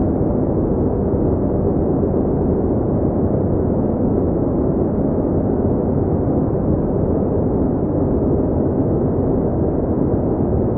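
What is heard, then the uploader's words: A steady, dense rumbling noise fills the whole clip, deep and low with nothing above a dull muffled range. The loudness stays level throughout, with no separate events, just an unchanging wash of low sound. Soothing Brown Noise Find Calm and Serenity in the Gentle Rumble. Calming rumbling noise.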